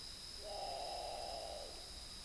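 Great potoo call: one harsh, drawn-out growling note lasting just over a second, even in pitch, over a steady high hiss.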